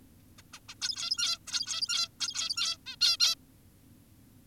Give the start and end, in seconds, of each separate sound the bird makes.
0.38-0.42, 0.53-0.60, 0.69-0.75, 0.82-1.38, 1.48-2.09, 2.20-2.78, 2.86-2.96, 3.01-3.17, 3.20-3.35